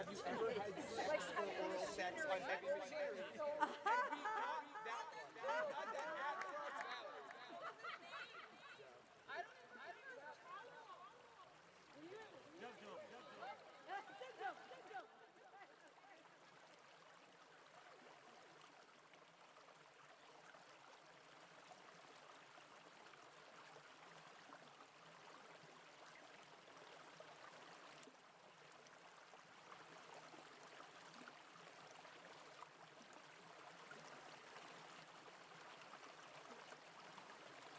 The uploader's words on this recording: It made a lovely little noise. A small red boulder in Pigeon Brook dancing back and forth against a larger blue one.